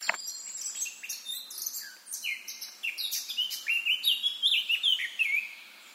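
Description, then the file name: Eurasian blackcap warbling song: a scratchy jumble of quick notes running into clearer, louder fluting phrases near the end. "Sylvia atricapilla"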